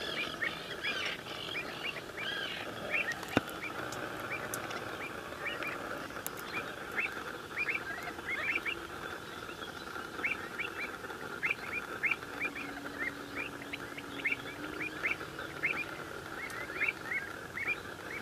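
Black-winged stilts call over a wetland, a dense, steady chorus of short, bright yelping notes repeating every fraction of a second from several birds. A constant low murmur runs underneath, with a sharp click near three seconds and a brief low hum around thirteen seconds.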